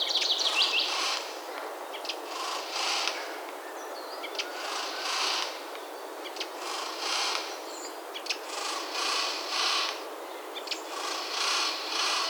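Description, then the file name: Eurasian jay giving harsh, rasping screeches in broad noisy bursts, repeated irregularly. "Garrulus glandarius"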